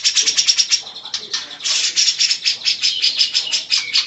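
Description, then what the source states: Grey-cheeked bulbul singing a fast, busy stream of rasping, chattery notes in quick pulses. Long-duration masteran recording used for training birds.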